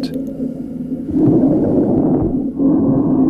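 Noisy breath sounds with rough crackling through each phase in a COVID-19 lung: crackles arising because the walls of the alveoli are affected by many inflammatory cells.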